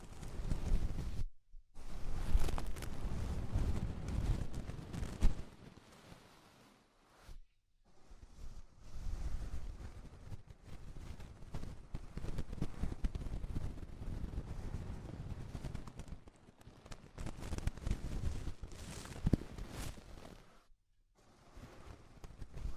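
Ear cleaning with rhinestone and clay removal: dense rustling, scraping and crackling in uneven bursts, broken by brief silences near 1, 7 and 21 seconds.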